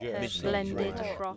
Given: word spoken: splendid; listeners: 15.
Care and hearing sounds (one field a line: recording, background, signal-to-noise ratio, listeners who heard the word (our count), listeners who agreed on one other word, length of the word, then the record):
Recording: one English word in noise, from a listening test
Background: four-talker babble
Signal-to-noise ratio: 0.1 dB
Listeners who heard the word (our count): 2 of 15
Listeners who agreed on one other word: 11 of 15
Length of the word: 0.97 s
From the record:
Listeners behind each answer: 11, 2, 1, 1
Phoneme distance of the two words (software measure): 17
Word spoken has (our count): 2 syllables, 8 phonemes, stress on syllable 1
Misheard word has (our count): 2 syllables, 7 phonemes, stress on syllable 1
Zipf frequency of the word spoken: 4.05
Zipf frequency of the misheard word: 3.24